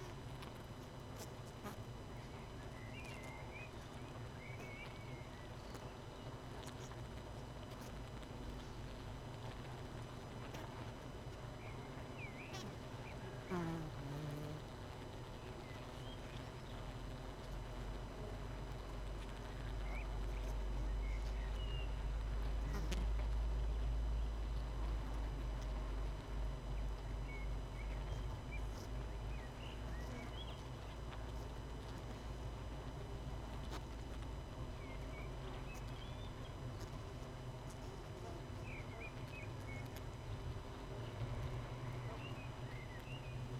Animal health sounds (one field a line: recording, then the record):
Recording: honeybee colony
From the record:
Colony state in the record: missing queen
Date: 31 May 2018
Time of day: 18:47